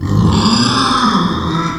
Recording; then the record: squeal of a Yucatan mini pig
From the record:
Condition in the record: after surgery on the right vocal fold (resection and tissue-engineered implant); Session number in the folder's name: 16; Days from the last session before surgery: 183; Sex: female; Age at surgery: 19 weeks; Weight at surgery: 25 kg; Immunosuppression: prednisolone